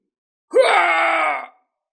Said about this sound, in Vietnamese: Đột nhiên tên tổ vương vừa bị thương hét to, gã như là cái rối gỗ bị người ta khống chế treo lên giữa trời cao.